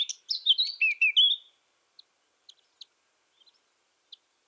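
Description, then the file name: Eurasian blackcap song phrase: a rich burst of clear whistled notes rising and falling, followed by a few scattered faint ticks. "Sylvia atricapilla"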